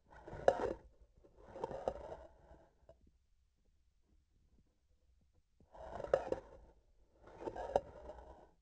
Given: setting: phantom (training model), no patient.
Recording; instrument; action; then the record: laparoscopic instrument, vibration sensor on the handle end; grasping forceps; approaching and retracting movements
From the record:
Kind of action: spatial motion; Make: other than Olympus